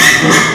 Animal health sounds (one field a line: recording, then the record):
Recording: squeal of a Yucatan mini pig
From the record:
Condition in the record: before surgery on the right vocal fold (resection and tissue-engineered implant)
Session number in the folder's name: 2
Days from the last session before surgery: 0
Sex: male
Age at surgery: 12 weeks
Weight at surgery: 13 kg